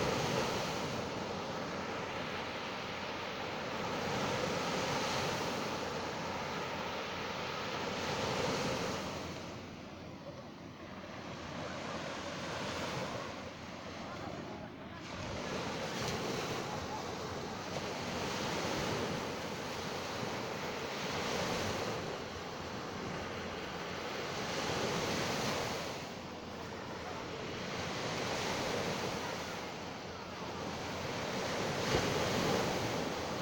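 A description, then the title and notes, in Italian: Rough sea at a beach, a dense steady roar of surf rising and falling in slow swells every few seconds, with wind rumbling underneath. Cagliari Poetto Spiaggia. Al mare in una giornata con mare mosso.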